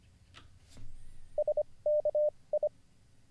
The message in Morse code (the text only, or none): SKI